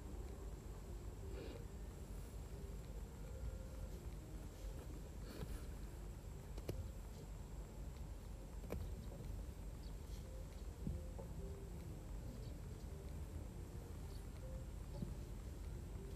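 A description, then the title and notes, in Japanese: A rice binder runs steadily while harvesting rice, its engine a constant low rumble with a faint high whine and occasional sharp clicks. バインダーで稲刈り、ハザ掛け。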